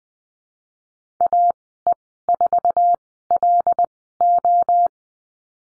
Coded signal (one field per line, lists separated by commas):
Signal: Morse code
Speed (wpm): 20 wpm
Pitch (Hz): 700 Hz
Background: none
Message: AE4LO